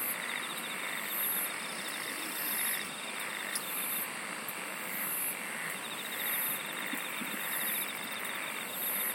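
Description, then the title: Insects buzz steadily while a very high chirp pulses regularly over a layer of rapid ticking trills. "SINGING OF INSECTS"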